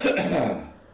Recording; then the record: coughing mixed with background sound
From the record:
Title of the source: Spring Cold Coughing 3